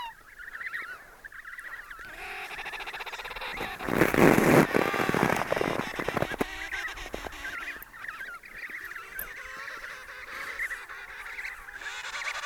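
Many penguins braying together in overlapping wavering calls, broken by a strong burst of rushing noise partway through before the chorus resumes.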